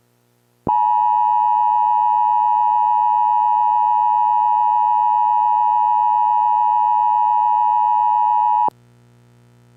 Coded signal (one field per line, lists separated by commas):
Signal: Emergency Alert System (SAME) tones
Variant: 853 and 960 Hz attention tone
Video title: EAS Chemical X Part 4 Fires and Floods